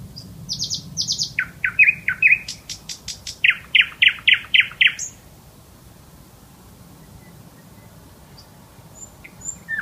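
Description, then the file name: Nightingale singing rich, varied phrases: high whistled notes, a buzzy rattle, then a rapid series of loud repeated chirps, followed by quiet with faint notes. Singing male. "nightingale bird sings his song"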